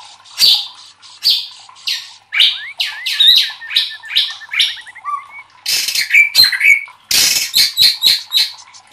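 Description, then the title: White-rumped shama giving a dense series of harsh chattering notes mixed with quick warbled trills and a few thin whistles. Training song (masteran) for caged birds. "MASTERAN MURAI BATU LABAIK"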